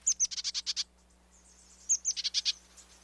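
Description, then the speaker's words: Bridled Titmouse calling twice, each a high thin note followed by a fast, buzzy chattering series of several notes, with a low steady hum beneath. Canyon bird with a black and white crest, found alongside the elegant trogon. "keep an eye out for the black and white mohawk of the spunky bridled titmouse."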